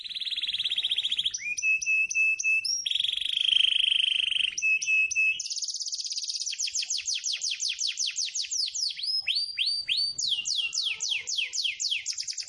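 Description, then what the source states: Canary song opening with long steady whistled tones and metallic chiming notes, then breaking into rapid repeated descending sweeps and varied trills. Canary described as gacor, singing continuously.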